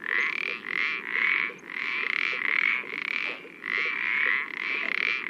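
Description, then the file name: Common parsley frog with rapid ratcheting croaks, swelling and fading in loudness every second or so, continuous throughout. "pelodyte-ponctué"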